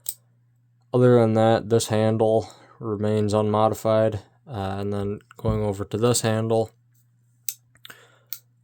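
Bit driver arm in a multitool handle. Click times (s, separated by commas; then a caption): 0.1 s. A Leatherman Super Tool 300 multitool, modified with an added Leatherman proprietary bit driver taken from a Leatherman Surge, has the bit driver swung open on its handle, and it locks into place with a sharp metal click at 0.1 s. Someone then talks, and a few more short, sharp clicks follow near the end.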